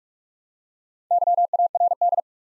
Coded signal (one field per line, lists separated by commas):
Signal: Morse code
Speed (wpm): 44 wpm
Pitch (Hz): 700 Hz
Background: none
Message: YARD